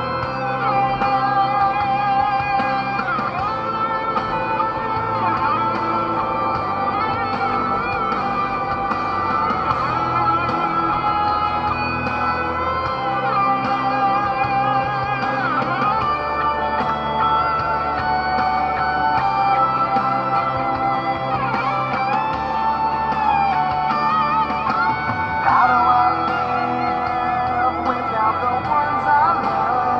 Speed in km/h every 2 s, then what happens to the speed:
47, 38, 46, 49, 53, 56, 56, 58, 57, 55, 51, 40, 31, 24, 30.
2-10 speeds up to 56. 10-15 steady at about 56. 15-25 slows to 24.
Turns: none.